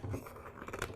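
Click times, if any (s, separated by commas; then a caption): none. A plastic shield is being handled onto the base of the housing of a Weed Eater SG11 string trimmer, lined up with the tabs so it can be rotated to lock. Low, steady handling rustle and scraping is heard, with sharp ticks near 0.8 s and 1.0 s. Nothing has seated or clicked yet.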